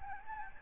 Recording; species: mosquito wingbeat signal from an infrared sensor; Aedes albopictus